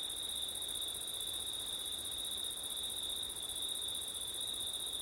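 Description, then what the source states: Crickets trill continuously, a constant high, pulsing ring that never stops, with faint wind in the background. Crickets singing on a windy September night; ORTF recording.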